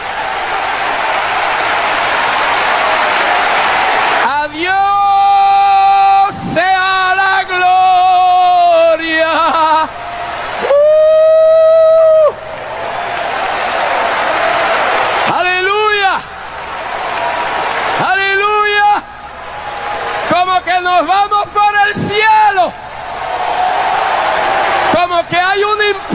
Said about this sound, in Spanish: Y mientras seguimos adorando a Dios, démosle un batir de palmas al Dios Trino, el Padre, el Hijo y el Espíritu Santo.